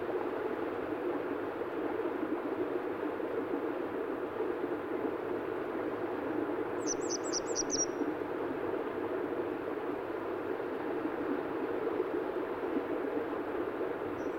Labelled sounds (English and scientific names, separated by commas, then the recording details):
Grey Wagtail (Motacilla cinerea) song
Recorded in the wild
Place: Dzhalmyn, MN
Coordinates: 48.166, 107.736
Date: 1979-06-10
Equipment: Nagra III BH, Sennheiser MD 21, parabola
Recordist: Schubert, Michael